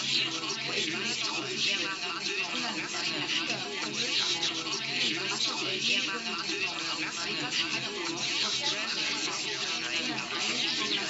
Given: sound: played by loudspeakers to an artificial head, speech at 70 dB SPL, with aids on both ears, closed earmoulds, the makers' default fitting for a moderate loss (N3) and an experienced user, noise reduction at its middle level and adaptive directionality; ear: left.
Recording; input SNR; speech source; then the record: speech test signal (ISTS) in cocktail-party noise; -6 dB; on the right (90 degrees)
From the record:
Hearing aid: class 1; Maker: A